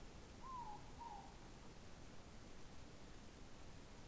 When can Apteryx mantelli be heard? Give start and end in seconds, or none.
none